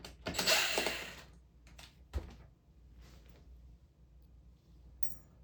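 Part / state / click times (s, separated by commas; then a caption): wood screw into wooden pinball playfield / stripped / 0.4 s. A wood screw is driven into the wooden playfield of a Bally Playboy pinball machine under restoration with a ratcheting or driving tool, giving a burst of grinding, ratcheting mechanical noise with a click at 0.4 s. The screw catches, but the hole in the wood partly strips out.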